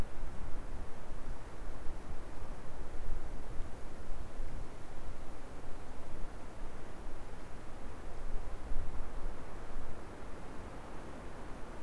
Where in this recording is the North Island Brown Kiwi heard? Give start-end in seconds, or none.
none